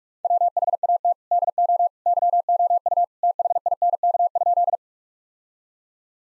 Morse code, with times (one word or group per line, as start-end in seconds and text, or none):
0.2-1.1 WHAT
1.3-1.9 DO
2.1-3.0 YOU
3.2-4.8 THINK?